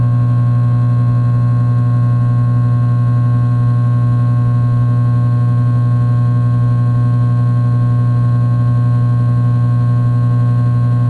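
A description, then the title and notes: Two vents run with a steady, unbroken hum that holds a strong low drone and a set of fixed tones stacked above it. There are no changes or separate events across the eleven seconds, just a dense, even mechanical whir with a faint hiss on top. Two Vents. Vents recorded by Dan Bodah, Fall 2008 & April 2009, Brooklyn NY.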